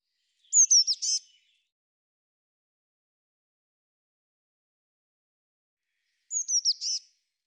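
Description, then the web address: Eurasian blue tit repeats a high, thin call of quick falling notes with a buzzy end, heard twice about five seconds apart in otherwise silent surroundings. "cianscape birddata Deverinetal 2025 File cleaned normalized Bird Cy Ca"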